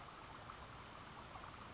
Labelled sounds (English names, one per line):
California Towhee